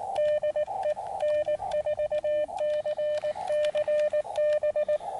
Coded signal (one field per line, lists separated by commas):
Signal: Morse code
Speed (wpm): 19 wpm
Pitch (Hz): 600 Hz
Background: radio noise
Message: DE N4CCB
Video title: SOTA FAIL on Pikes Peak